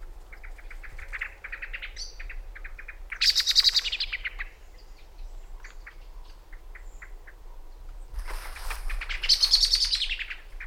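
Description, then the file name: Common blackbird calling: quick runs of sharp, clicking chink notes that twice swell into loud, harsh chattering bursts with shrill high squeals, near four and nine seconds. "Turdus merula"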